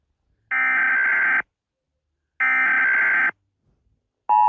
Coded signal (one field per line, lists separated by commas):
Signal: Emergency Alert System (SAME) tones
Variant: header bursts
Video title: Rating EAS Alarms based on how scary they are (Part 1)